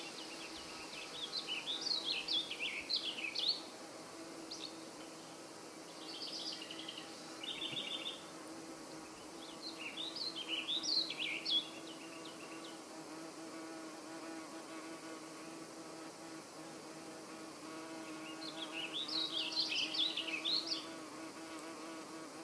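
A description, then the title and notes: A midday forest with bursts of bright, twittering birdsong from a few birds, arriving around the start, near seven and eleven seconds, and again near twenty. Beneath them runs a steady, low insect-like hum with a faint tonal drone throughout. Mid-Day Forest. Recorded June 2022.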